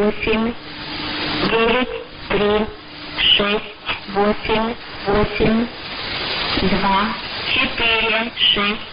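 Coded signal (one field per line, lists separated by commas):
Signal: numbers station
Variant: S06s, Russian female voice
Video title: 12 09 2017 Numbers station S06s Russian Lady in Russian to Eu 1014 on 7340 unknown tx site in CUSB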